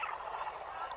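Monkey chattering, a dense, harsh, warbling stream of calls that wavers continuously throughout without clear pauses.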